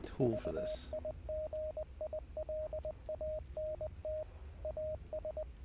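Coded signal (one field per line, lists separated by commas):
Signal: Morse code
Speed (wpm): 20 wpm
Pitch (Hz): 620 Hz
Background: speech, radio noise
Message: VIGILANT AS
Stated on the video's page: Heard during a livestream of the game Hell is Us.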